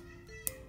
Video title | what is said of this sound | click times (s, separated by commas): #57 Fullwave kiprok Tiger PnP Mio karburator | Jadi pas masuk juga tinggal ke Sampai bunyi klik | 0.5 s